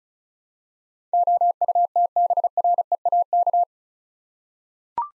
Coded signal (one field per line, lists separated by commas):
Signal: Morse code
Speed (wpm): 36 wpm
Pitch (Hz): 700 Hz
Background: none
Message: OUTBREAK